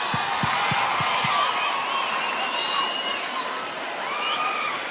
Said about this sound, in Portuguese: Uma salva de palmas